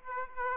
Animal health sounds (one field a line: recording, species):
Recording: mosquito wingbeat signal from an infrared sensor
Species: Aedes aegypti